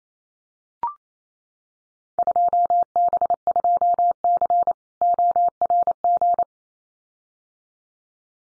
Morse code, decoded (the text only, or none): 2B2C ORG